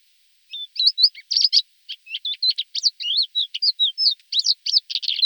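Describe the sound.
Thekla's lark singing a lively, varied phrase of high chirps and slurred notes, delivered rapidly and continuously against a clean, quiet background.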